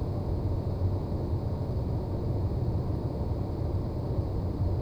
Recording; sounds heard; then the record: poultry house recording; no chicken sound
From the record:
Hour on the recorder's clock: 0